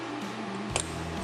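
A steel circlip is shoved into the groove of the piston boss of a dirt bike piston, with the piston pin already pushed in, while installing a CRF 110 BBR big bore kit. Over a steady low hum with tonal lines, one short, sharp click sounds at 0.8 seconds as the clip seats into its groove.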